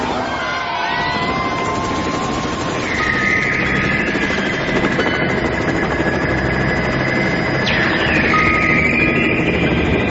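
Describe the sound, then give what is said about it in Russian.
A helicopter drones steadily overhead, its dense rotor and engine roar filling the whole stretch, with a high whine that bends downward in pitch near the end as it passes. “Потом вертолет летел дальше.”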